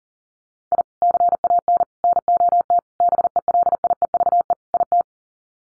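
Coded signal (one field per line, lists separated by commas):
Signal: Morse code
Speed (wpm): 40 wpm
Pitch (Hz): 700 Hz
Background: none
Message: I CAN NOT BELIEVE IT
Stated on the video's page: Morse head-copy drill of common five-word groups at 40 wpm.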